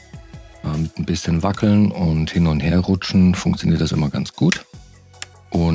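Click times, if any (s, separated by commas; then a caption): 5.2 s. On a Medion Akoya S3409 notebook, the plastic bottom cover is pried up and wiggled from the back of the device until its snap clips release from the chassis latch points. Someone talks throughout, then a sharp crack is heard at 5.2 s as the clips pop loose. The cover comes free, and the loud cracking is normal.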